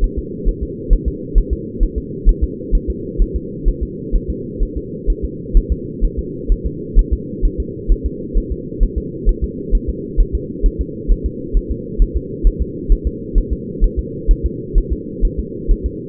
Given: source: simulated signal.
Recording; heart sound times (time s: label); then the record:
fetal heart sounds
0.04 s: S1
0.19 s: S2
0.49 s: S1
0.63 s: S2
0.93 s: S1
1.08 s: S2
1.38 s: S1
1.53 s: S2
1.83 s: S1
1.98 s: S2
2.29 s: S1
2.44 s: S2
2.75 s: S1
2.90 s: S2
3.22 s: S1
3.36 s: S2
3.69 s: S1
3.83 s: S2
4.15 s: S1
4.30 s: S2
4.63 s: S1
4.77 s: S2
5.10 s: S1
5.25 s: S2
5.57 s: S1
5.72 s: S2
6.05 s: S1
6.19 s: S2
6.52 s: S1
6.66 s: S2
6.99 s: S1
7.13 s: S2
7.45 s: S1
7.60 s: S2
7.92 s: S1
8.06 s: S2
8.38 s: S1
8.52 s: S2
8.83 s: S1
8.98 s: S2
9.29 s: S1
9.44 s: S2
9.75 s: S1
9.89 s: S2
10.20 s: S1
10.35 s: S2
10.66 s: S1
10.81 s: S2
11.12 s: S1
11.26 s: S2
11.57 s: S1
11.71 s: S2
12.02 s: S1
12.17 s: S2
12.47 s: S1
12.62 s: S2
12.92 s: S1
13.07 s: S2
13.38 s: S1
13.53 s: S2
13.84 s: S1
13.99 s: S2
14.31 s: S1
14.46 s: S2
14.78 s: S1
14.93 s: S2
15.25 s: S1
15.39 s: S2
15.71 s: S1
15.86 s: S2
From the record:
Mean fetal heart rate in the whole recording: 130 bpm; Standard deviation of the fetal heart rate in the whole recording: 2 bpm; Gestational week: 38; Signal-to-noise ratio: -4.1 dB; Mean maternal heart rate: no maternal heart sound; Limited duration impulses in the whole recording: absent